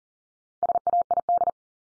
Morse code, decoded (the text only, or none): SAID